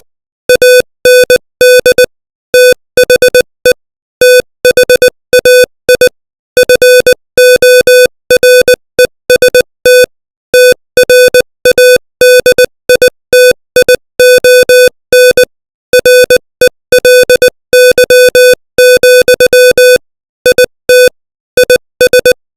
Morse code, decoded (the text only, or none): AND THE THAI FOREST TRADITION RELY, IT IS